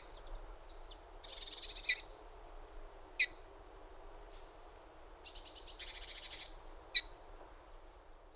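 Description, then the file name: Great tit calling: buzzy, rattling churrs alternating with sharp high clicks and thin whistled notes, in irregular bouts. "Parus major"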